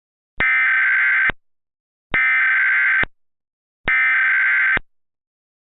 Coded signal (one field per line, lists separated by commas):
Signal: Emergency Alert System (SAME) tones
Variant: header bursts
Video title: EAS details 13/12/11